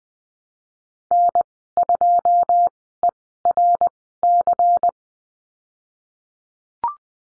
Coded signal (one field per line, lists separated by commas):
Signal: Morse code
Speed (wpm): 20 wpm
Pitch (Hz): 700 Hz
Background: none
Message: N2ERC